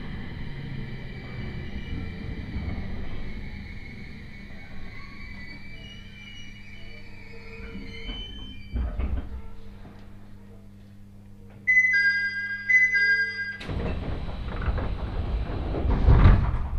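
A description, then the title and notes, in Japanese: Inside a commuter train, a low rumble fades to a quiet hum, steady tones and a brief chime sound, then louder rumbling returns. 6:00発の始発列車小牛田行きに乗車します。701系の4両編成、仙台から離れていくのでそれほど混雑はありません。駅間も長く山をトンネルで抜けていったりするのであまり眺めを楽しむ時間はありません。鉄道旅 東北本線 仙台→小牛田。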